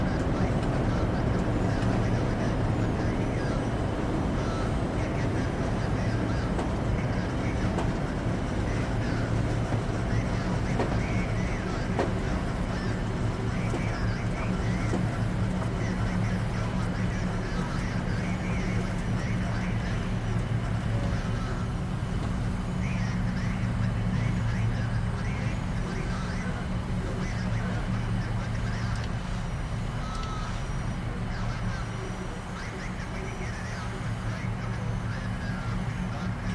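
Steady ambience inside a shuttle cabin, dominated by a constant low engine drone with a few fixed humming tones. Faint voices and small clicks and knocks surface now and then in the middle range, while the overall level stays even throughout, dipping slightly near the end.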